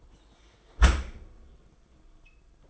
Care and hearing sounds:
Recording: daily activity, microphone in the room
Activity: close dishwasher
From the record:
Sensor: 5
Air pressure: 990.7 hPa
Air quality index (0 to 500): 165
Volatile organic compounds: 310 ppm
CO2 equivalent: 4503 ppm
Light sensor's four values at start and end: 38/116/45/48 and 38/116/45/48

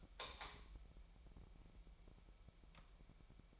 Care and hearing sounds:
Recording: daily activity, microphone in the room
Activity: light on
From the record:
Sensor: 1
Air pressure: 1002.0 hPa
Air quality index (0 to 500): 246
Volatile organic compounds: 50 ppm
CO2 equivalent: 3294 ppm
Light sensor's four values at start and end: 5/11/4/5 and 9/26/10/11

